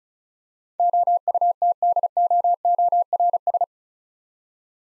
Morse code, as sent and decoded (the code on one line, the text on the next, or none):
--- ..- - -.. --- --- .-. ...
OUTDOORS